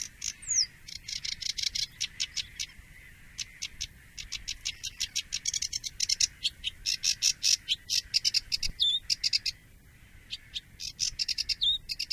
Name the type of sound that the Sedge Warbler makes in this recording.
song